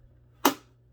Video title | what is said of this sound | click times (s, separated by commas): Taking apart a PS5 to Clean (Without Voiding the Warranty) | a little click and we have both shells back on | 0.5 s